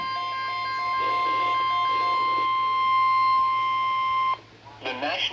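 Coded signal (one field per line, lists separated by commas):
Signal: Emergency Alert System (SAME) tones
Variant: 1050 Hz attention tone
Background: speech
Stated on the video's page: EAS tornado watch alert for a county.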